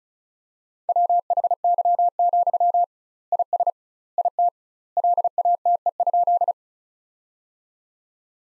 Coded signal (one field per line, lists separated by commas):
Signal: Morse code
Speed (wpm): 36 wpm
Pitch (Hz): 700 Hz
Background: none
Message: WHY, IS IT LATE?